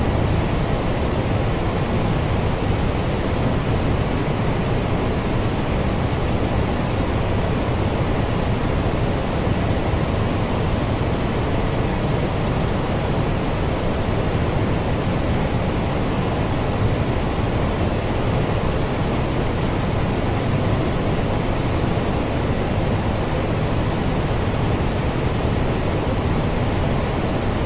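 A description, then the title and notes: Steady white noise hiss, unchanging for the whole clip, dense and even, weighted toward a deep rumbling low end with softer highs. White noise for baby.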